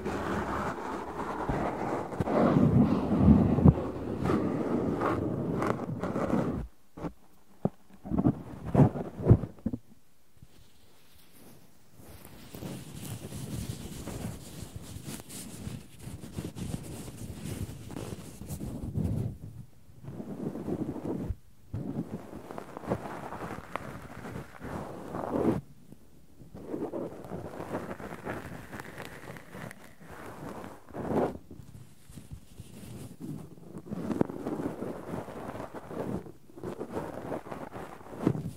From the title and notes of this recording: ASMR No Talking Extreme Cotton and Tweezers Tingles.